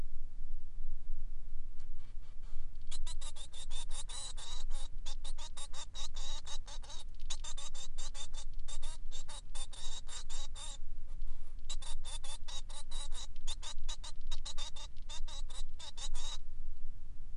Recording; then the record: song of a male Bengalese finch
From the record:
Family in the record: son of father 3